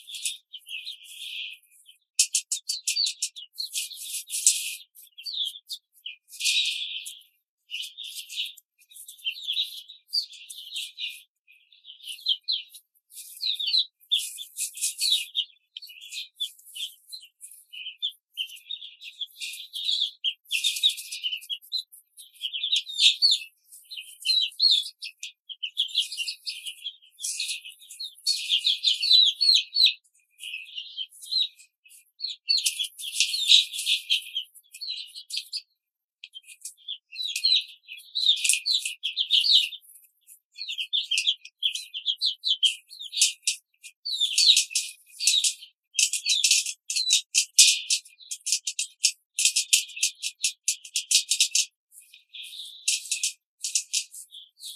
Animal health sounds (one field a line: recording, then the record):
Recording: young laying hens in a cage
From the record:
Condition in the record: control cage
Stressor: none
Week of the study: 5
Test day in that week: 1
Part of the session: 4